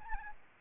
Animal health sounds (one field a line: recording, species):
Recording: mosquito wingbeat signal from an infrared sensor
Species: Aedes albopictus